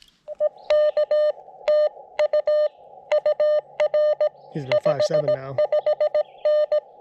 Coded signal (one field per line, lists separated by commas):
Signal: Morse code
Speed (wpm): 16 wpm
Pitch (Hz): 600 Hz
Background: speech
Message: EK TU UR 55N